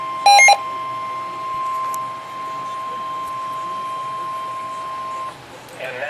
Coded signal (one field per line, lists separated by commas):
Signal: Emergency Alert System (SAME) tones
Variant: 1050 Hz attention tone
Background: speech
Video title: EAS #8 - Severe Thunderstorm Warning